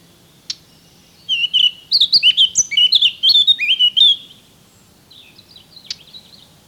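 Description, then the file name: Eurasian blackcap song: a sharp click, then a quick warbling run of varied high chirped notes for about three seconds, followed by softer scratchy notes and another click. "Sylvia atricapilla"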